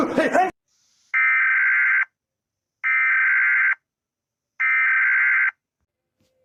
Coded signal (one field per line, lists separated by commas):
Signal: Emergency Alert System (SAME) tones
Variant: header bursts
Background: speech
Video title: EAS Alerts #11/#12/#13/#14/#15/#16 - Required Weekly Test during ChaosEmeraldStar Compilation (VPTV)